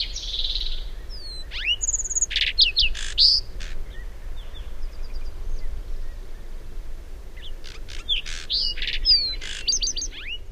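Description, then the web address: Lark sparrow song: a jumble of sharp clicks, buzzy bursts, slurred whistles and quick trills in two bouts with softer notes between, over low rumbling background noise. "Songs of Birds of North America Know Your Bird Sounds. Lark Sparrow"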